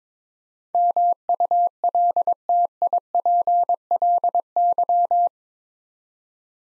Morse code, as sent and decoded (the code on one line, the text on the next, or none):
-- ..- .-.. - .. .--. .-.. -.--
MULTIPLY